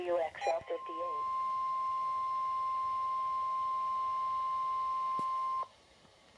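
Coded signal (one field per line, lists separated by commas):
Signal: Emergency Alert System (SAME) tones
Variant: 1050 Hz attention tone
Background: speech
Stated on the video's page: Compilation of real EAS alerts from 2016, received on NOAA Weather Radio.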